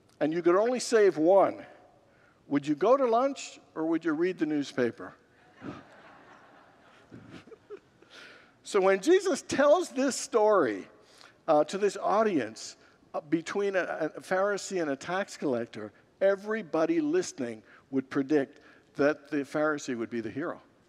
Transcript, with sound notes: and you could only save one, would you go to lunch or would you read the newspaper? [Congregants laugh] So, when Jesus tells this story to this audience, between a Pharisee and a tax collector, everybody listening would predict that the Pharisee would be the hero